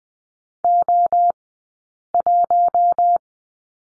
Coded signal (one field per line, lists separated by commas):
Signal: Morse code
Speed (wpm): 20 wpm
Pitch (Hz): 700 Hz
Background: none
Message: O1